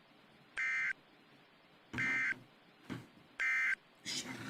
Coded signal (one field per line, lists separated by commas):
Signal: Emergency Alert System (SAME) tones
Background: speech